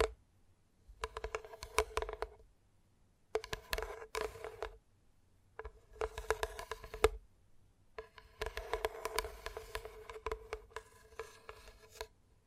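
Gentle tapping comes in four bursts of quick, light clicks, separated by short silences, with the last and longest burst running from about eight seconds to the end. Each burst carries a faint steady low ring beneath the crisp taps.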